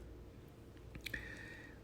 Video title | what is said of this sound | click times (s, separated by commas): resident surgeons must learn how to load the IOL in Cataract Surgery | we click it into the injector make sure to clicks in all the way there's the side view in advance the plunger and | 1.1 s